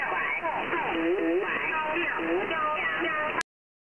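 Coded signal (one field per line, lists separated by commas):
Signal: numbers station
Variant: Chinese Robot VC01, Chinese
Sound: very rapid robotic voice syllables, like spoken numbers, over radio hiss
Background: radio static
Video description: I have never heard anything else from it except very rapid numbers in Chinese.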